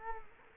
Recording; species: mosquito wingbeat signal from an infrared sensor; Culex quinquefasciatus